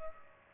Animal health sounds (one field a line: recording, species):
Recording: mosquito wingbeat signal from an infrared sensor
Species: Culex pipiens